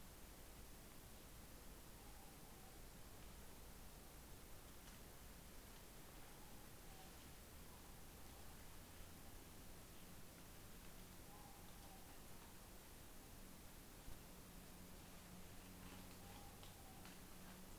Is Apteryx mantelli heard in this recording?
no